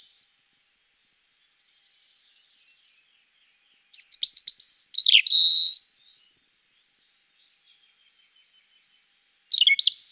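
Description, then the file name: European robin song: brief high, tumbling phrases of trills and thin whistled notes with long gaps of silence between. "rouge gorge"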